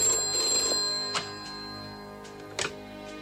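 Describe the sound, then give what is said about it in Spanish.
A telephone bell rings in two short, bright metallic bursts about a second and a half apart, over a steady sustained tone that hangs underneath; no one speaks. It is a call from Mr. Bond to Prime Minister Margaret Thatcher in the James Bond film For Your Eyes Only. “El señor Bond está al teléfono, señora primer ministro.”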